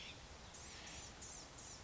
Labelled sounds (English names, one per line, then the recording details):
Blue-gray Gnatcatcher
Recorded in Sonoma County, California